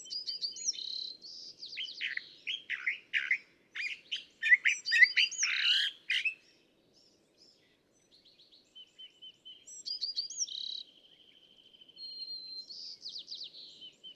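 California thrasher song of loud mixed whistles, chucks and squeaky notes for six seconds, a brief lull, then softer repeated phrases and a rattling trill.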